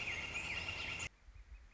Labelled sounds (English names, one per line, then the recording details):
Northern Flicker
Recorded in Sonoma County, California